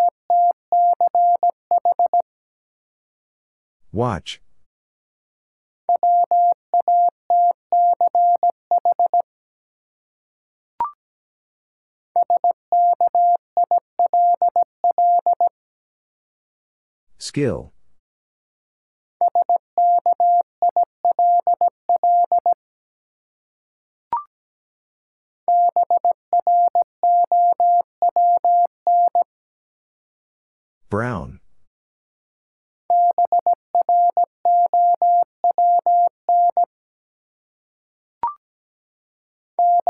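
A steady mid-pitched Morse tone beeps out the word in repeated bursts of dots and dashes, split by brief crackling clicks and short silences.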